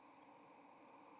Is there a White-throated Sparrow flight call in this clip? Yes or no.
no